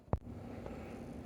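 A snap ring on an XR150L kick start spindle, already spread partway down with snap ring pliers, is pressed by hand the rest of the way and snaps sharply into its groove at 0.1 s, followed by a faint tick at 0.7 s over a low steady background. The ring is seated, and the gear is now held captive on the shaft.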